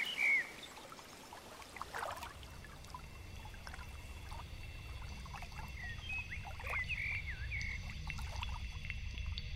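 Wind rustles steadily through trees by a lake in a soft, continuous wash that swells slightly over time, with scattered bird chirps and whistles above it and no talking.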